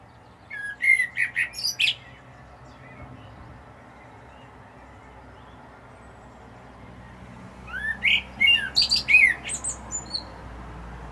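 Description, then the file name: Common blackbird song: two warbled phrases about seven seconds apart, each of low fluting whistles ending in high, squeaky twittering. "Turdus merula"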